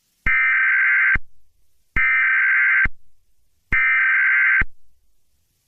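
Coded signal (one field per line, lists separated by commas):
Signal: Emergency Alert System (SAME) tones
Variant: header bursts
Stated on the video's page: Simulated EAS scenario tones for a fictional SCP 4975 scenario.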